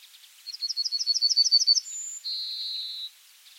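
Pine bunting phrase of rapid high ticking notes, followed by a brief piercing whistle and a sustained buzzing end note.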